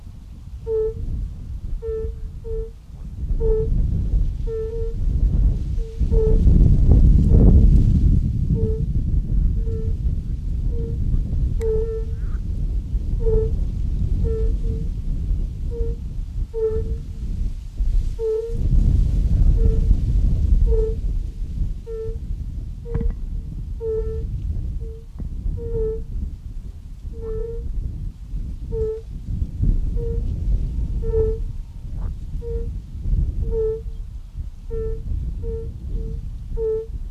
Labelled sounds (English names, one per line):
Fire-Bellied Toad call